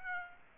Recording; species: mosquito wingbeat signal from an infrared sensor; Aedes aegypti